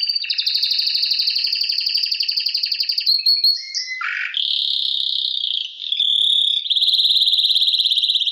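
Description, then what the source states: Domestic canary song: long rolling trills at high pitch, shifting abruptly between tours, with a lower buzzy dip midway and steady ringing trills after. Male bird.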